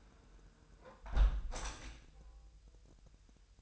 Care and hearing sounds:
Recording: daily activity, microphone in the room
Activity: close window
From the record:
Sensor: 2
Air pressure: 999.8 hPa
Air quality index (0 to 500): 224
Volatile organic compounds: 54 ppm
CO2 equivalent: 3346 ppm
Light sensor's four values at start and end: 8/20/8/8 and 8/19/8/8

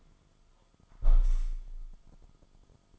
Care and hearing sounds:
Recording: daily activity, microphone in the room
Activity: close window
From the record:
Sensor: 5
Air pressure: 1004.8 hPa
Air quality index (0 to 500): 84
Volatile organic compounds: 2 ppm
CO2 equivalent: 1011 ppm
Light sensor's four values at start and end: 34/79/32/31 and 34/79/32/31

